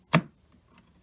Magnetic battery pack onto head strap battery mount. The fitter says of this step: on it, it's got some grab to it, and you can hear it click. You know